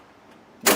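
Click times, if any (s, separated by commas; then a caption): 0.7 s. A metal retractable tonneau cover on a truck bed is pulled out by hand along its bed rails. The mechanism gives a quiet low rumble, then a sharp, bright click at 0.7 s. The cover locks at one of its set interval stops, holding it partly open.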